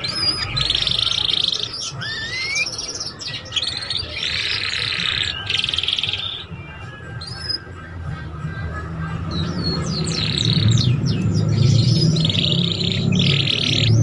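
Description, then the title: Belgian canary trilling and chirping in fast varied phrases, including a rising whistle, over a low droning noise that grows toward the end. Belgian canary song played to warm up young canaries and stimulate them to start singing and chirping quickly. "Canto Para Esquentar Canário Belga. SUARA KENARI PAUD CUIT CUIT BELAJAR BUNYI - pancingan kenari paud muda agar cepat bunyi dan ngeriwik"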